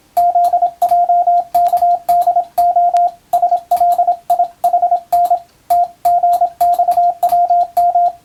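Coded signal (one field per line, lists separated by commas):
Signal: Morse code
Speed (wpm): 27 wpm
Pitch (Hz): 700 Hz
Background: radio noise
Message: ZJKDO SLIHN TGXWM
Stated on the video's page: Morse practice for the Japanese radiotelegraph operator exam, using a European-language telegram practice book.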